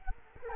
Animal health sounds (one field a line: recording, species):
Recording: mosquito wingbeat signal from an infrared sensor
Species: Culex quinquefasciatus